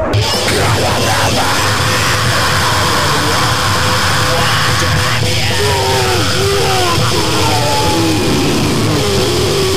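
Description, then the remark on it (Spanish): A car engine roars steadily as the car approaches, then revs harder in the second half, its pitch climbing and wavering in loud, repeated surges. “¡Coche de encima!”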